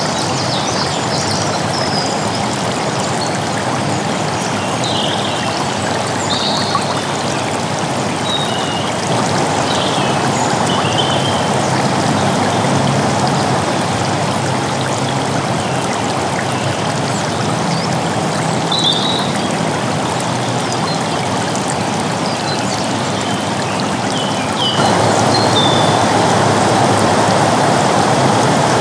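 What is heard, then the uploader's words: A stream rushes by in a steady, dense wash of water sound that fills the low and middle range and stays level throughout, stepping up slightly louder near the end. Birds sing above it in short, bright chirps scattered across the clip. You can hear birds singing as the stream rushes by.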